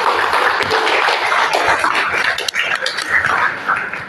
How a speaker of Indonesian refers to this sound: peserta dimohon untuk tepuk tangan kepada Bapak.